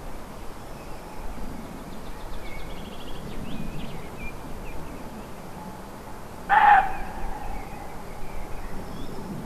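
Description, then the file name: Roe deer barks once, one gruff, abrupt call late, while faint birdsong and a low rumble run underneath. Recorded 5 May 2011 on an MZ-N710 recorder. "chevreuil 5 05 11"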